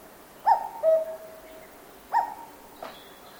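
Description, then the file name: Cuckoo call: one clear two-note cuck-oo, the second note lower, then the first note of another call, over faint steady background hiss. Cuckoo call in a forest in Japan. "BIRD CUCKOO CALL JAPAN FOREST"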